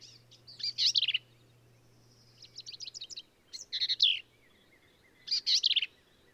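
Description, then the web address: Black-capped vireo song: a few short bursts of harsh, squeaky, varied high notes, with quieter twittering between them. "birdsongforthecurious Black-capped Vireo"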